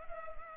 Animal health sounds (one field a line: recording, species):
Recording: mosquito wingbeat signal from an infrared sensor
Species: Culex pipiens